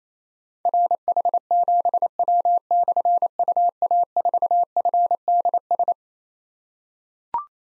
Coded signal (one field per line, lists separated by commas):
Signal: Morse code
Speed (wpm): 29 wpm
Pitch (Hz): 700 Hz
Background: none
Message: RH7W/UA4FDS